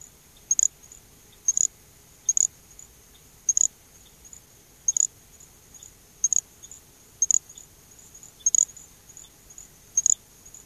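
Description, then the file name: Little grass frog calling: very high, thin insect-like chirps, each a quick double note, repeated roughly once a second against a faint hiss. "Pseudacris ocularis - Little Grass Frog"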